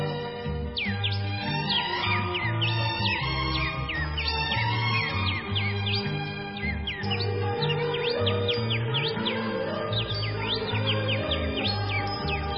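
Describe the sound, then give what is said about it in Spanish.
Birds sing and whistle without pause, a busy stream of quick rising and falling chirps layered over a steady, low musical accompaniment, with no voices. “cantan y silban las aves de mis costas, Feliciano.”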